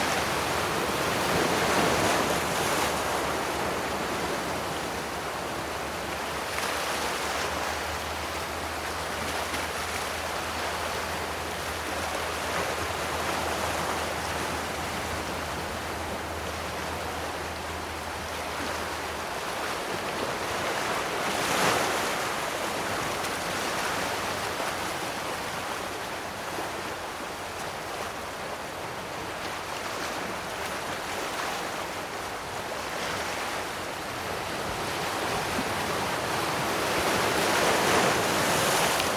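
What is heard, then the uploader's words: Waves crash steadily against rocks in a dense, continuous wash of surf, with brighter surges breaking through every several seconds, around 2, 7, 22 and 34 seconds. A faint low hum sits underneath from about 8 to 19 seconds. Waves on a Rocky Shore: Wave Sounds for Sleep. Steady crash of waves against rocks.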